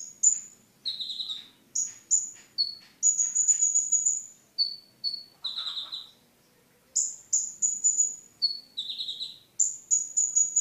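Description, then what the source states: Sunbird song, a lively run of shrill whistles and lower slurred notes, with a few quick trills and a brief pause midway. Champion singing bird (kicau jawara); local name mountain sunbird (kolibri gunung).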